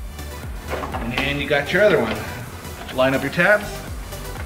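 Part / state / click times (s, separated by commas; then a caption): tabbed attachment onto cordless tool / not seated / none. A second tabbed part is handled and lined up by its tabs against a cordless tool from a Worx 20V two-piece combo kit, while someone talks. Nothing has seated or clicked yet.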